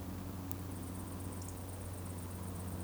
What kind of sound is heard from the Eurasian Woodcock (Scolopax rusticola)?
whistle